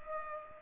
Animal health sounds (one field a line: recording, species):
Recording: mosquito wingbeat signal from an infrared sensor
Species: Culex pipiens